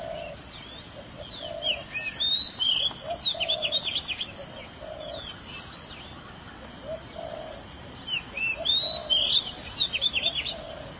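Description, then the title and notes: Canary song in two bursts of sweeping whistles and fast buzzy trills, separated by a quieter pause, with low soft cooing-like notes underneath. "BM Suara Kenari. BM Suara Burung Kenari"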